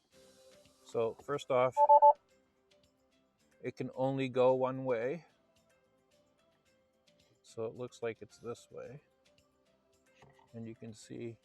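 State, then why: Not seated. A keyed plastic wiring harness connector for a Hansshow Ultra Mini dash display screen for a Tesla Model 3/Y is lined up and its orientation checked before it is pushed into the display, since it only fits one way. Someone talks in bursts, with a few faint short ticks between phrases. Nothing has seated or clicked yet.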